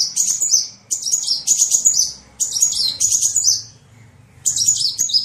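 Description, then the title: Sunbird song, repeated short bursts of high, sharp twittering phrases with brief gaps between them. Sunbird in full song (gacor), with fill-in phrases (isian) copied from the cililin and the canary. "Kolibri gacor isian cililin dan kenari"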